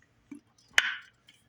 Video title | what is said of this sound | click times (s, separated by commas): Replacing Crankshaft Position Sensor #PC319 & Camshaft Position Sensor #PC643 On The Cartier Next | and then you should hear a snap in | 0.8 s